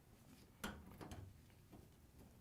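A metal dryer top panel on a Whirlpool/KitchenAid/Maytag dryer, being refitted during an idler pulley 8547174V repair, is lowered back onto the front panel's locking clips. A sharp knock is heard at 0.6 s, followed by a softer knock at 1.1 s. The top panel seats onto the locking clips.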